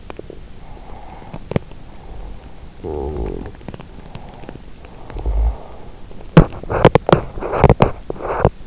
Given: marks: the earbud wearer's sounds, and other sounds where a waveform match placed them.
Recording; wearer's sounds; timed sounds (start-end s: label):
sounds in sleep by an in-ear microphone; breath, snoring breath, teeth grinding
0.61-1.53 s: breath
2.76-4.61 s: snoring breath
4.86-6.16 s: breath
6.16-8.49 s: teeth grinding